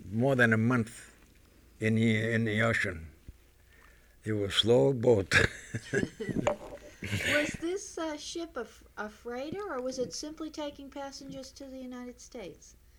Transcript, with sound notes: more than a month in the, in the ocean. It was a slow boat. ( he laughs )
Was this ship a freighter, or was it simply taking passengers to the United States?